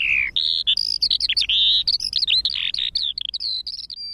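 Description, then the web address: Eurasian skylark song, a rapid unbroken stream of high warbled and trilled notes, busy and varied throughout. Recorded at Silver Strand. "Silver Strand videos skylark"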